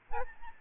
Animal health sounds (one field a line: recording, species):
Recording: mosquito wingbeat signal from an infrared sensor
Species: Aedes albopictus